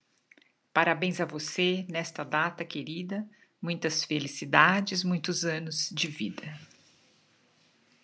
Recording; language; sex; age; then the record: short text; Brazilian Portuguese; female; 60 to 69 years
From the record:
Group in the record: control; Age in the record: 60 years